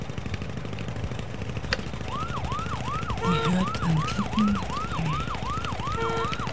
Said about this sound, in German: Sie hört ein Feuerwehrauto.